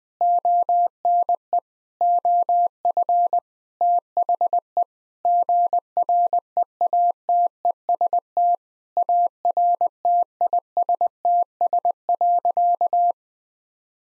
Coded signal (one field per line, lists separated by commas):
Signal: Morse code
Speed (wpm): 19 wpm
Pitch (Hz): 700 Hz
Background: none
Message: ONE OF THE GREATEST ARTISTS.